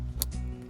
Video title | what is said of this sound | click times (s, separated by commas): Blower fan not working - 2004-2014 Ford F-150 and other models. Blower Motor Resistor Replacement | so all you do is just plug this back in like so until you hear the click, and | 0.2 s